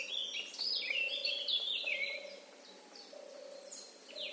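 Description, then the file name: Eurasian blackcap, a short burst of fast warbled and whistled notes fading out, with sparse faint chirps and a low repeated hoot behind. "Sylvia atricapilla"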